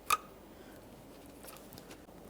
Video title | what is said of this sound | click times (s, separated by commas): How to Replace Radiator 2009-2014 Nissan Maxima 3.5L V6 | Press them until you hear a click. | 0.1 s